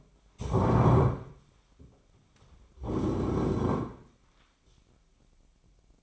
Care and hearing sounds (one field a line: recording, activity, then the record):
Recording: daily activity, microphone in the room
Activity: stand up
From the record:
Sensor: 1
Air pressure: 1009.3 hPa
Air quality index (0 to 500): 178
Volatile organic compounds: 3 ppm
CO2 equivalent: 1502 ppm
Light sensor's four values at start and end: 47/124/51/62 and 45/118/49/59